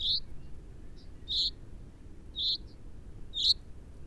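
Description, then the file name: Common chaffinch calls: four short, bright, high notes, roughly one per second, over a low steady background rumble. "Fringilla coelebs"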